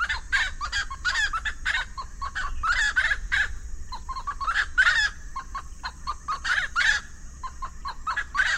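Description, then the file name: Russet-naped wood rail calling: harsh, chattering cackles in uneven bursts, interspersed with shorter clucking notes, over a faint constant low hum. "Golosa ptic - Ryzheshapochnyj lesnoj pastushok Aramides albiventris"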